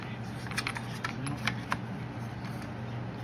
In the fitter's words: trying to do this one-handed there it goes clicks right into place and